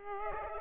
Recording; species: mosquito wingbeat signal from an infrared sensor; Culex pipiens